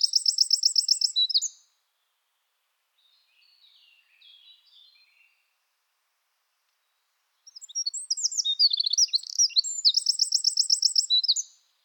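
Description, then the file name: Eurasian wren singing high, fast trilled phrases. A song ends, a few faint soft notes follow during a long gap, then another loud, tumbling trill-filled song starts. "Troglodytes troglodytes"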